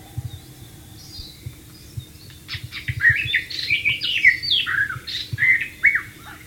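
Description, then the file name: White-rumped shama song: a loud, fluent run of sweeping whistles and warbled notes rising and falling, beginning after a quiet opening, with a low drone in the background. "suara burung murai batu di alam liar"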